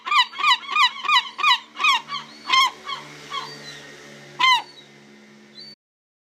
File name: Herring Gull